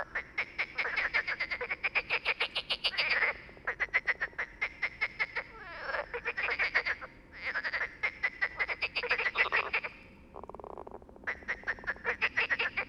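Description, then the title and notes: A long frog chorus of fast pulsed croaks, several callers overlapping in repeated bursts with brief gaps. Frogs singing all night at a small pond beside the Loire near Bréhémont, France; they ignored the recordist's attempts to make them answer; sing when distant freight trains pass; Oktava MK012 ORTF, MixPre, Zoom H4n. "37130 Bréhémont, France - Trying to communicate with Frogs. Nous avions établis le camp à coté d'un étang peuplé de grenouilles qui se sont mise à chanter toute la nuit. Elles se mettent cependant à chanter lorsqu'un train de marchandises passe au loin. A little pond next to the river Loire"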